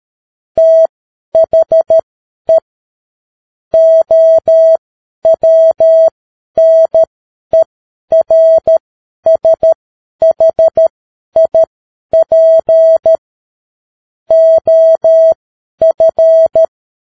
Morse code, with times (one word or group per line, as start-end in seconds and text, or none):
0.6-2.6 THE
3.7-13.2 OWNERSHIP
14.3-16.7 OF